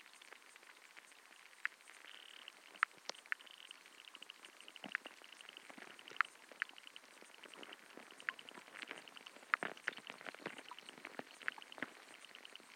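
Underwater hydrophone recording of a pond, full of sharp, irregular clicks and ticks scattered throughout, some louder than others. A faint, steady hiss sits underneath, and a brief thin tone appears around two to three seconds in.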